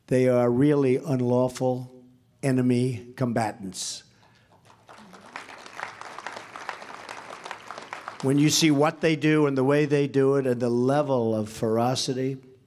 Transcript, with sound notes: they are really unlawful enemy combatants. (Applause.) When you see what they do and the way they do it, and the level of ferocity,